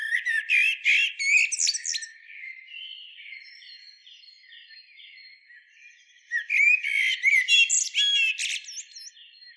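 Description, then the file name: Common blackbird delivering two bursts of varied warbling and high scratchy twittering, separated by a few seconds of softer, quieter phrases. "Turdus merula"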